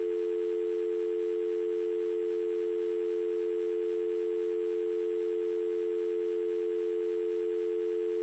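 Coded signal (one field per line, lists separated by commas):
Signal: telephone call progress tone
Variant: North America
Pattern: dial tone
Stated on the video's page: Audio recorded on site at central office controlled pay phones, somewhat broken, of a small independent telephone company.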